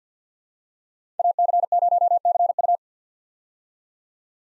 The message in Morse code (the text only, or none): AC0CU